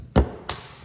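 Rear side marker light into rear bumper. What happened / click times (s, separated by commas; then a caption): The plastic light housing snapped into the bumper opening / 0.5 s. After being wired and tested, an AUXITO rear side marker light housing on a 2020 Mustang is hooked in at one end and pressed into the plastic rear bumper opening. A dull thump at 0.2 s is followed by a sharp snap at 0.5 s as the light seats in place.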